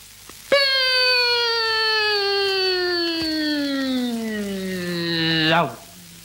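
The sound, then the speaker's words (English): A vocal imitation of the engine of Sir Malcolm Campbell's famous Bluebird record-breaking racing car: it roars in with a sudden start, holding a loud, buzzing, high-pitched whine that slowly drops in pitch for about five seconds before cutting off abruptly. “Second, Sir Malcolm Campbell's famous bluebird.”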